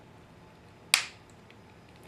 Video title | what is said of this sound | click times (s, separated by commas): HGUC Psycho Gundam part 3: Torso | Oh, yeah. Just snapped into place right there. | 0.9 s